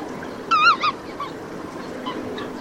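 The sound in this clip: Bird giving a short burst of nasal, honking calls with a wavering pitch, then a few faint calls over a steady background hiss.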